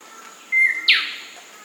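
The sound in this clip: Black-sided robin calling once: a thin level whistle that drops a touch, followed straight away by a rasping descending buzz, with low background hiss.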